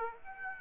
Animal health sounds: mosquito wingbeat signal from an infrared sensor; Aedes aegypti

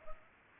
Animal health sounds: mosquito wingbeat signal from an infrared sensor; Culex pipiens

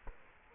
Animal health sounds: mosquito wingbeat signal from an infrared sensor; Culex quinquefasciatus

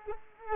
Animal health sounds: mosquito wingbeat signal from an infrared sensor; Culex quinquefasciatus

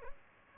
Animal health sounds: mosquito wingbeat signal from an infrared sensor; Aedes albopictus

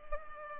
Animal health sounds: mosquito wingbeat signal from an infrared sensor; Culex pipiens

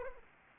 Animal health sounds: mosquito wingbeat signal from an infrared sensor; Anopheles arabiensis

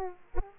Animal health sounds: mosquito wingbeat signal from an infrared sensor; Aedes aegypti

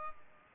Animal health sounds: mosquito wingbeat signal from an infrared sensor; Culex pipiens

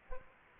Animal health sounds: mosquito wingbeat signal from an infrared sensor; Aedes aegypti

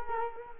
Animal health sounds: mosquito wingbeat signal from an infrared sensor; Culex quinquefasciatus

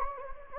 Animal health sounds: mosquito wingbeat signal from an infrared sensor; Anopheles gambiae

